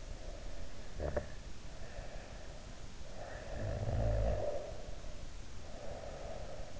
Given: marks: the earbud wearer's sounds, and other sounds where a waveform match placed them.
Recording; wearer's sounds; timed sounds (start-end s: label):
sounds in sleep by an in-ear microphone; snoring breath
0.32-2.65 s: snoring breath
3.18-6.80 s: snoring breath